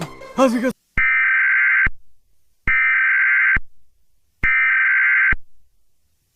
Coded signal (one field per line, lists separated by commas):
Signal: Emergency Alert System (SAME) tones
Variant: header bursts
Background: speech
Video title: eas scenario catemojibabyheat part 11